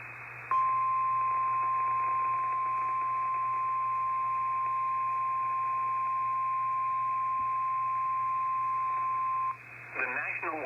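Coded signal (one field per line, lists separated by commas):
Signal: Emergency Alert System (SAME) tones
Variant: 1050 Hz attention tone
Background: speech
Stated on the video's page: Tornado Warning SAME tones received off-air from NOAA Weather Radio station WXK83 Fort Myers during Hurricane Ian.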